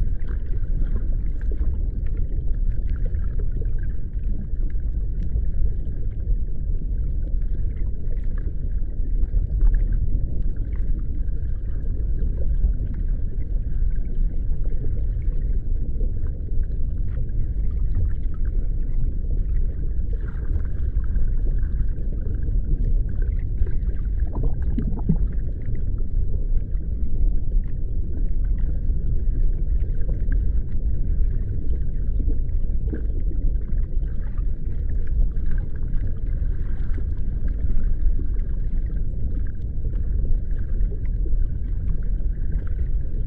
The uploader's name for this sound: underwater Ambience